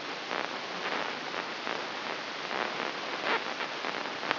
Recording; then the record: brain microelectrode recording played as sound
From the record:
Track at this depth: inside the subthalamic nucleus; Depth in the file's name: 6.309 mm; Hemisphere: left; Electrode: 3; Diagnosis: Parkinson's disease